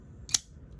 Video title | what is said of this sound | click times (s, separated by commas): This Knife is Awesome! | It's a a real satisfying lock into place. | 0.3 s